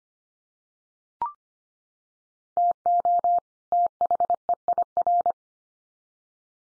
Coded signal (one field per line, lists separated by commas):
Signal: Morse code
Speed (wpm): 25 wpm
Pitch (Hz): 700 Hz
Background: none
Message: TO THEIR